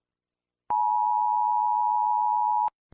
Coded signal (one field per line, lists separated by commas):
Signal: Emergency Alert System (SAME) tones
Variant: 853 and 960 Hz attention tone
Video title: Malaysia EAS Alarm (Tsunami) (Read Desc)